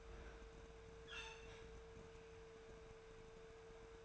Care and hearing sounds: daily activity, microphone in the room; open fridge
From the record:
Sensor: 2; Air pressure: 1014.8 hPa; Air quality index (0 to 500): 195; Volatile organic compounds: 17 ppm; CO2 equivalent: 2578 ppm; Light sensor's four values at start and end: 27/66/28/31 and 27/65/28/31

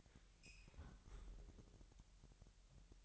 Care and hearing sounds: daily activity, microphone in the room; close fridge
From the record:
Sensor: 3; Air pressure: 1001.9 hPa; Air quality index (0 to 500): 245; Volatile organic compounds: 49 ppm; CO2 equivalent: 3287 ppm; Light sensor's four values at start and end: 12/36/15/13 and 12/36/15/13

